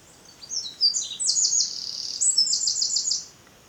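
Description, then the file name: Eurasian wren song: a vigorous run of very high notes and two quick rattling trills, about three seconds long, then quiet. "Troglodytes troglodytes"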